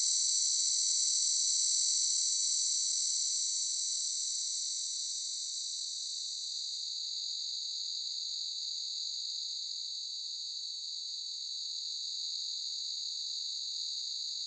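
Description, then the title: Cicada song, a sustained shrill buzz that eases slightly in loudness midway and then continues steadily. "Cicada_short"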